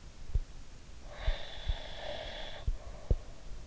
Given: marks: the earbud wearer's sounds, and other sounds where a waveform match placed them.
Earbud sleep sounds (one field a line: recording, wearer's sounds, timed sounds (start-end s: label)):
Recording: sounds in sleep by an in-ear microphone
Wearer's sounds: breath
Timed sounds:
1.11-3.64 s: breath